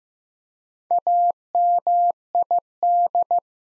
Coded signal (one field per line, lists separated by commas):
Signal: Morse code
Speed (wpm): 15 wpm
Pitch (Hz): 700 Hz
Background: none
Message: AMID